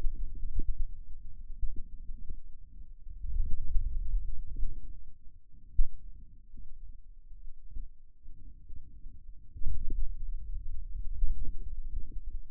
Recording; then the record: forearm muscle sounds (acoustic myography)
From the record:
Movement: finger pinch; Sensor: system 2, bracelet of six BSWA MPA416 microphones around the upper forearm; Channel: 3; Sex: male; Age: 22 years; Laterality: right